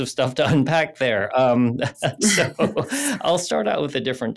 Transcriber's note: laughs